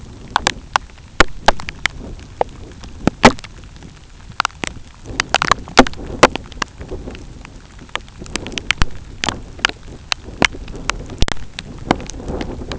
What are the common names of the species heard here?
none